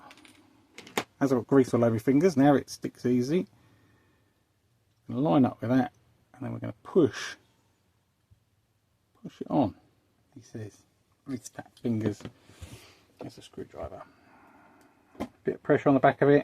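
A greased gear retainer is lined up on the gear inside a Dentella horse clipper gearbox, ready to be pushed on. Someone talks over a few faint handling taps, and nothing has seated or clicked yet.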